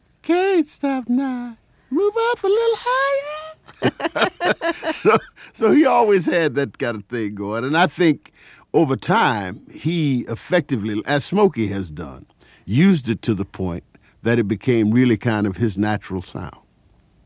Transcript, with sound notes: Can't stop now. Move up a little higher.
(LAUGHTER)
So he always had that kind of thing going. And I think over time, he effectively, as Smokey has done, used it to the point that it became really kind of his natural sound.